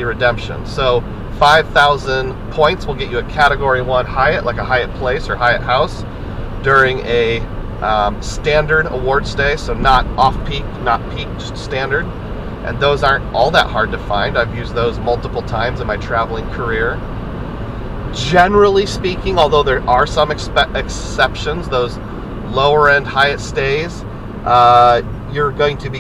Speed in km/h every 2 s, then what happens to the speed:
92, 92, 90, 92, 93, 92, 95, 95, 97, 98, 98, 85, 72.
0-19 steady at about 92. 19-26 brakes to 72.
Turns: none.